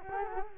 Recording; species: mosquito wingbeat signal from an infrared sensor; Culex quinquefasciatus